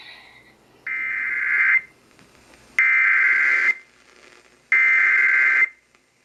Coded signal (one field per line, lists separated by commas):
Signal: Emergency Alert System (SAME) tones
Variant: header bursts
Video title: GOOD MORNING! HAVE SOME DAVIDSON... EAS Alerts from 8/2/18 (EAS #1,517 - 1,535)